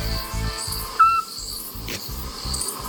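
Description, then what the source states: Eurasian scops owl giving a single short, steady whistled note about a second in, over a pulsing low background noise. Repeats the same unvarying call about every three seconds, like a metronome; has lived for about a month in a tree in a park behind a house, heard at night.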